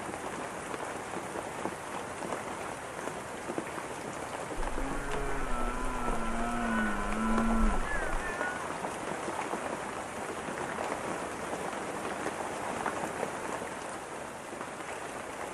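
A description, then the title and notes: Steady, dense rain patters across the forest for the whole sixteen seconds, crackling. Around the five-second mark a low, wavering call rises and dips for about three seconds, possibly one of the deer, with a faint deep rumble beneath it before the rain alone returns. Rainy Forest w/ Family of Deer Chatting Nearby.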